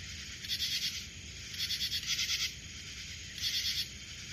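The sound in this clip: Cricket chirps as short pulsed, rasping bursts, three to four in a row with uneven gaps, over a quiet low rumble.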